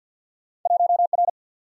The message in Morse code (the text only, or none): 1R